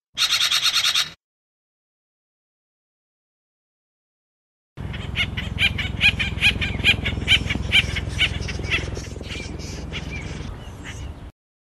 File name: burung pelatuk acorn call song omkicau